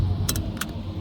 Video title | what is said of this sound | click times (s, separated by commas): Lowrance HDS 12 with live scope custom pole mount at Lake Perris. | it locks in place | 0.3 s